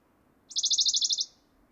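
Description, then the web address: Western Bonelli's warbler delivering a short rapid trill of about ten high, even notes, slightly fading at the end, with faint low rumble behind. "chant fernand deroussen pouillot de bonelli"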